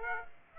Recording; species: mosquito wingbeat signal from an infrared sensor; Aedes aegypti